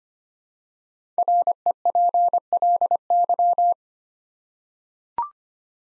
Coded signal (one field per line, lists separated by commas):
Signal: Morse code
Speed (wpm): 25 wpm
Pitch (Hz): 700 Hz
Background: none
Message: REPLY